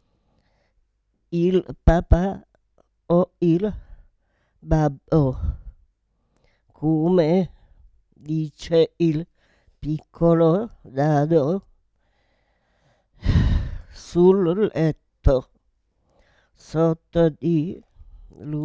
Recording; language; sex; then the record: read passage; Italian; female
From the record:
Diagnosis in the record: Parkinson's disease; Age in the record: 78 years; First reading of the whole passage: 164 s, 3.2 characters per second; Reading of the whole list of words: 108 s, 2.6 characters per second